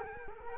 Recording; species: mosquito wingbeat signal from an infrared sensor; Culex quinquefasciatus